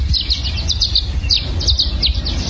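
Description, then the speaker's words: Violet-green swallows chittering: rapid bursts of high, dry twittering notes from several birds, over a steady low rumble. Four violet-green swallows flying around a dead tree, battling each other, in Southern California. "And what you're hearing here are violet green swallows making that chittering noise."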